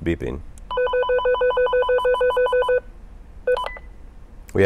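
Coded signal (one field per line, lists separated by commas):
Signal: none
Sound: programming mode confirmation beeps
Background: speech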